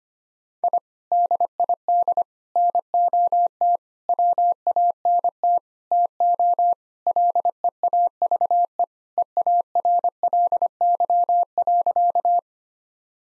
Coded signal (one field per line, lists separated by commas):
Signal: Morse code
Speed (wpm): 25 wpm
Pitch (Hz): 700 Hz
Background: none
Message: I DID NOT WANT TO LEAVE EARLY.